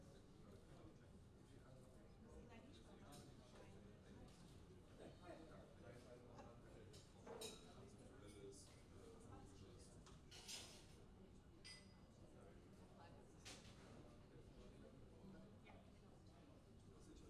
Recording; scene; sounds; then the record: everyday scene through a hearing-aid microphone; many people talking; many voices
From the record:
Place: university cafeteria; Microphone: in the ear canal, left